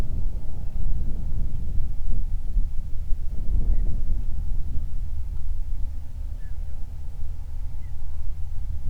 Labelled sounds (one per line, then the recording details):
wind
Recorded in the Prudhoe Bay oil fields, Alaska, on 31 July 2019 at 07:30
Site 24